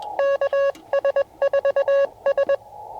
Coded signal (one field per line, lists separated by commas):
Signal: Morse code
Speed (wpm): 21 wpm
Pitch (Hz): 1110 Hz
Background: none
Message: KS4S